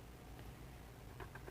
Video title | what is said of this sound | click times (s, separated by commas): Process 1: Setting Up Your Programmable Technical Unit (PTU) | we're going to push these all the way down on the tacks you heard a little click and it needs to be flush | 1.2 s